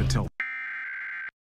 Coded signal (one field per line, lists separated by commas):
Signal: Emergency Alert System (SAME) tones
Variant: header bursts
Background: speech